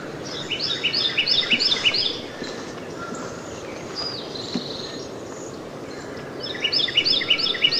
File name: Northern Cardinal-song